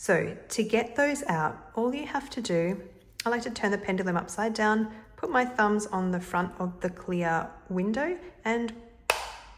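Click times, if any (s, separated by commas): 9.1 s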